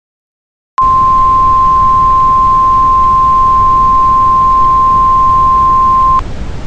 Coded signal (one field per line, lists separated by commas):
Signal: Emergency Alert System (SAME) tones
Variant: 1050 Hz attention tone